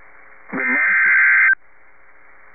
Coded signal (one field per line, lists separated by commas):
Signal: Emergency Alert System (SAME) tones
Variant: header bursts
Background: speech